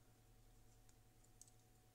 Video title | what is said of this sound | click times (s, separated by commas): EV200D disassembly and repair | it clicks a little bit but | 1.4 s